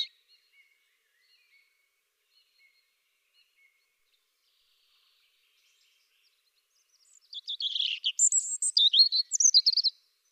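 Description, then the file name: European robin: a long near-silent stretch with tiny faint ticks, then one loud, rapid phrase of high tumbling warbles and thin squeaky notes in the final three seconds. "Erithacus rubecula"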